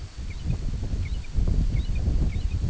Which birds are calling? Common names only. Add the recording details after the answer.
American Golden-plover. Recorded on Arctic tundra, site IGLO-D, on 24 June 2018. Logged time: 10:00